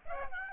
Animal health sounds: mosquito wingbeat signal from an infrared sensor; Aedes aegypti

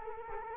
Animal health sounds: mosquito wingbeat signal from an infrared sensor; Culex quinquefasciatus

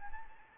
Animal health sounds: mosquito wingbeat signal from an infrared sensor; Anopheles arabiensis

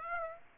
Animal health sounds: mosquito wingbeat signal from an infrared sensor; Aedes aegypti

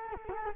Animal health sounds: mosquito wingbeat signal from an infrared sensor; Culex quinquefasciatus

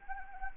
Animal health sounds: mosquito wingbeat signal from an infrared sensor; Anopheles arabiensis

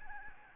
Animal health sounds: mosquito wingbeat signal from an infrared sensor; Anopheles gambiae

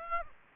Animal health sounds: mosquito wingbeat signal from an infrared sensor; Aedes aegypti

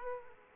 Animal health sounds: mosquito wingbeat signal from an infrared sensor; Aedes aegypti

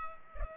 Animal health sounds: mosquito wingbeat signal from an infrared sensor; Culex pipiens

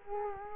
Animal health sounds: mosquito wingbeat signal from an infrared sensor; Culex quinquefasciatus

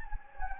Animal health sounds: mosquito wingbeat signal from an infrared sensor; Anopheles gambiae

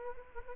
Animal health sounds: mosquito wingbeat signal from an infrared sensor; Culex quinquefasciatus

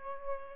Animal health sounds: mosquito wingbeat signal from an infrared sensor; Aedes aegypti

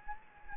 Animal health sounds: mosquito wingbeat signal from an infrared sensor; Anopheles gambiae

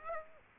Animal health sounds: mosquito wingbeat signal from an infrared sensor; Aedes aegypti

